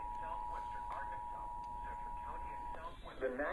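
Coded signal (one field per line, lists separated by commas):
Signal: Emergency Alert System (SAME) tones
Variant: 853 and 960 Hz attention tone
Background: speech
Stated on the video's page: Compilation of severe thunderstorm, tornado, weekly test and child abduction alerts received from weather radio and broadcast stations.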